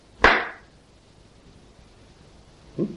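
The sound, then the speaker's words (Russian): A single sharp hand clap rings out, loud and crisp with a short decay, followed by quiet and a faint low thump near the end. “Говорится, хлопок.”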